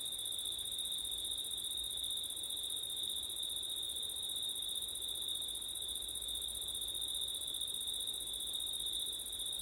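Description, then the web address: Crickets produce an even, ceaseless high trill with a fainter upper tone, accompanied by gentle rumbling wind. Crickets at night in September, with wind. "audio crickets wind september night ortif"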